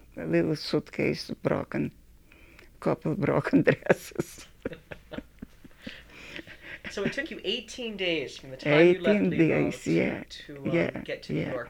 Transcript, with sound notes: Little suitcase, broken. Couple broken dresses. [Laughs]
So it took you eighteen days from the time you left Libow?
Eighteen days, yeah.
To get to New York.